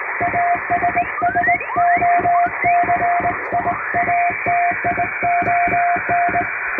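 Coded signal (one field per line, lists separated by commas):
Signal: Morse code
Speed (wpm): 20 wpm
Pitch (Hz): 700 Hz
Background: music, radio noise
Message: ASSOCIATION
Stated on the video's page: English CW sent by hand by a first-class radiotelegraph operator on an HK-808 vertical straight key, as live Morse for receiving practice.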